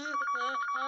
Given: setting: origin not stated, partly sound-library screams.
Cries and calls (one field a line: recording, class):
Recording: one-second piece from a danger detection set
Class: woman in danger